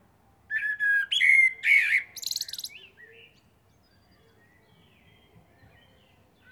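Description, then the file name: Common blackbird song phrase: a few mellow fluting notes followed by a squeaky, rapid twittering ending, then quiet. "Turdus merula"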